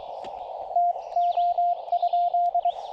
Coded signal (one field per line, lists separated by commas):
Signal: Morse code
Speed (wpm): 22 wpm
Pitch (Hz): 700 Hz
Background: radio noise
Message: TO?